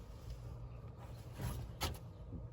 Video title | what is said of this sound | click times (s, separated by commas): #65 Arizona Haboob & U-Joint - (Free Sticker-Raffled to 10) 1974 Ford F-250 - Project Frankenstein | it doesn't it doesn't click one | none